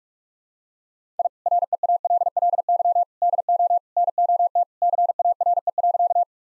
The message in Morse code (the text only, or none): I REALLY DO NOT CARE.